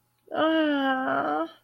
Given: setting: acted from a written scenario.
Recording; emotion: vocal sound without words; sympathy